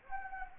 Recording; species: mosquito wingbeat signal from an infrared sensor; Anopheles gambiae